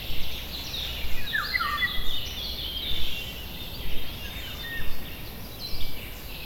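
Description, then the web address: A chorus of birds with rapid high twittering and a brief descending whistle early on, over a deep steady rumble. Birds in a forest. "GDC 2017-Game Audio Bundle West Wolf - Nature Sounds. Forest birds"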